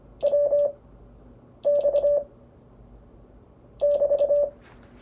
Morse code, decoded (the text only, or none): WX <BT>